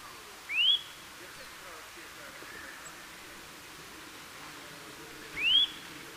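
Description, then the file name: Eurasian nuthatch giving two sharp rising whistles about five seconds apart against a faint background hiss. "Sitta europaea"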